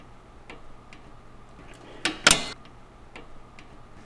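A flathead screwdriver stretches a brand-new brake spring up over the bump on the bottom of the brake arm during a rear brake caliper change on a 2008–2021 Grand Caravan, with faint ticking in the background. A sharp snap at 2.1 s is the spring dropping into its groove, followed by a louder metallic burst around 2.3 s. The spring is seated in place.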